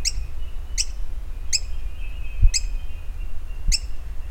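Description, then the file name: Bird calls: five short, sharp chirps with bright overtones, each under a second or so apart, over a steady low rumble and occasional thumps. "SABIOD 50 bird 2015"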